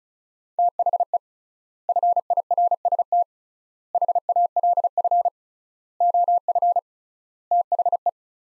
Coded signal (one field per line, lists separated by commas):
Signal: Morse code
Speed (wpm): 34 wpm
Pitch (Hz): 700 Hz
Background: none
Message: THE FIRST HALF OF THE